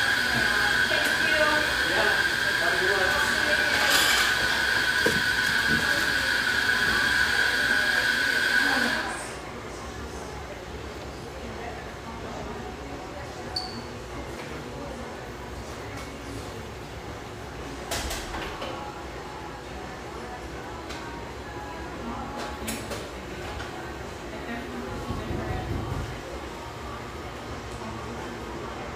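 A café with a soft bed of murmuring voices. For the first nine seconds a loud, steady hiss with a high whistling tone sits over everything, then cuts off abruptly, leaving quieter chatter with occasional clinks and clicks and a low thump near the end.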